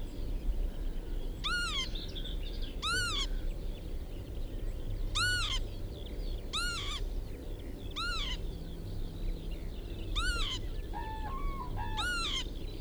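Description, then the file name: Northern lapwing calls: wheezy, arched, rising-then-falling notes, repeated several times over a steady low rumble. "kiebitz karl-heinzfrommolt deutsches tierstimmenarchiv"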